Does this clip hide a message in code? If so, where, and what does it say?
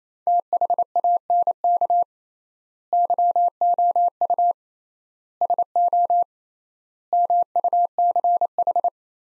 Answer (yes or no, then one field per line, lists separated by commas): yes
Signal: Morse code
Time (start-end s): 0.3-8.9 s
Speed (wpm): 28 wpm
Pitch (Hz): 700 Hz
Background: none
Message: THANK YOU SO MUCH